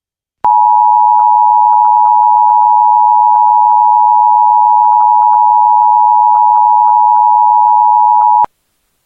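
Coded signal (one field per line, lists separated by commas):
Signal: Emergency Alert System (SAME) tones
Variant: 853 and 960 Hz attention tone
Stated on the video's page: AMBER Alert EAS interrupting a cartoon on TV, with a radio station siren.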